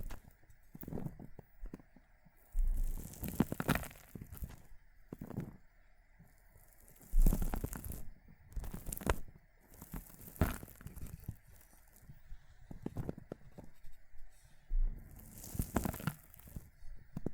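Water beads being crushed and squished in irregular bursts, wet crackling and crunching bursts every second or two, with quiet gaps between.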